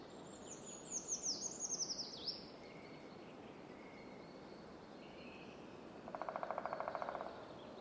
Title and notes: Woodpeckers at dawn. Shortly after dawn in the heart of the Fermansbo Urskog Nature Reserve, woodpeckers begin drumming on tree trunks